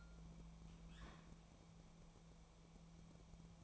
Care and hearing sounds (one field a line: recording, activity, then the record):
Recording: daily activity, microphone in the room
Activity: open fridge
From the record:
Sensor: 1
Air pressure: 1000.1 hPa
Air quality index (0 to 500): 134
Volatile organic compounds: 2 ppm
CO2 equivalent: 1265 ppm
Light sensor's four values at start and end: 37/93/39/48 and 37/93/39/48